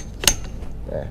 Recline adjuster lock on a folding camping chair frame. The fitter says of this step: ทีละข้างให้มันดังแป๊กนะฮะ